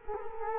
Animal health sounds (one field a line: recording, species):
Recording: mosquito wingbeat signal from an infrared sensor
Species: Culex quinquefasciatus